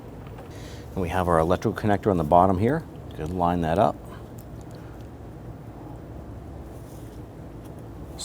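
On a 2008–2013 Infiniti G37, the electrical connector is lined up with its socket on the bottom of the new power steering pump before being slid on. Someone talks for the first four seconds, followed by a quiet stretch with only a faint hit at about 4.4 s. Nothing has seated or clicked yet.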